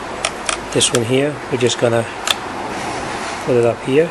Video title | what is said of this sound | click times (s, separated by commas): How To Replace The Door Lock Actuator 2007-2011 Honda CRV | back where it belongs here and we'll hear it snap in | 0.2 s, 0.5 s